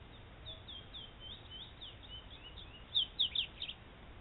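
Double-collared seedeater song, soft high twittering notes, then a brighter burst of a few sharp chirps near the end, over a steady hiss.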